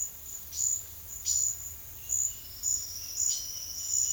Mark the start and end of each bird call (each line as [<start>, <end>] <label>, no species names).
[0.00, 1.57] bird call
[3.08, 4.12] bird call